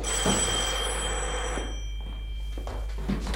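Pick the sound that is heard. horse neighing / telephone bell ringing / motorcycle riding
telephone bell ringing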